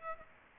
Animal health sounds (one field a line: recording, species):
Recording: mosquito wingbeat signal from an infrared sensor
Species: Aedes aegypti